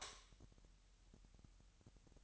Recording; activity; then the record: daily activity, microphone in the room; light off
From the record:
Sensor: 3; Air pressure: 1001.9 hPa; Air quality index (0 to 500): 247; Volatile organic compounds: 49 ppm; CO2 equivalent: 3277 ppm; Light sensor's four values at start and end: 6/13/5/5 and 6/13/5/5